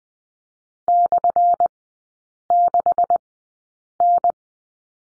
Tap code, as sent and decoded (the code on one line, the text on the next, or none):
none